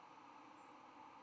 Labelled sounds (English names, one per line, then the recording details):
White-throated Sparrow flight call
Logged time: 09:34 on 10 November 2014